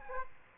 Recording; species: mosquito wingbeat signal from an infrared sensor; Aedes aegypti